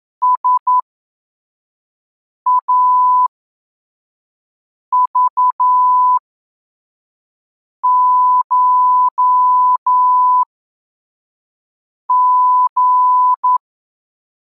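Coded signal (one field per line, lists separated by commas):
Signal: Morse code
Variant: Russian alphabet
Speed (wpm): 11 wpm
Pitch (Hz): 1000 Hz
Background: none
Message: САЖШГ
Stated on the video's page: Morse code lesson 12 with reception-practice texts at 3 groups per minute.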